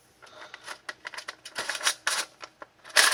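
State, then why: Not seated. A polymer component of a Dmag Helix drum magazine is handled and fitted toward the magazine body during reassembly, producing a run of small plastic clicks, taps and rattling handling noises. Sharper knocks come around 0.9, 1.7 and 2.1 seconds, with a louder scraping burst at the very end. Nothing has seated or locked into place yet.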